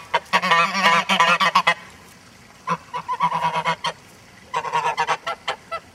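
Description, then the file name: Goose: geese giving bursts of loud nasal honks, three clusters of rapid, overlapping calls separated by short quiet gaps. "Gaense"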